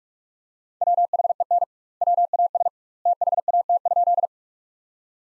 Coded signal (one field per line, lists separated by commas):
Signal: Morse code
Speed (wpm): 46 wpm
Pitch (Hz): 700 Hz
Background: none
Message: WHEN WAS THAT?